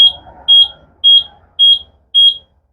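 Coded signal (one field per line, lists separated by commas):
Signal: beep code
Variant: mobility scooter controller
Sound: series of short high-pitched beeps, five including one cut off at start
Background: faint room noise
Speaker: 5 beeps. That says it's a problem with the mag brake, right? Based on the trouble codes.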